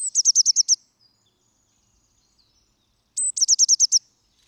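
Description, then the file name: Eurasian blue tit calling: a high thin note followed by a fast series of six or seven clipped, high-pitched notes, repeated twice with a quiet gap between. "Cyanistes caeruleus"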